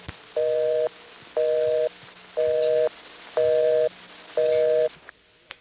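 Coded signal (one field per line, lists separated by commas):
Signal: telephone call progress tone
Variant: North America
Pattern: busy tone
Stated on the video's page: Recorded North American telephone ring and busy tones, with narration added later.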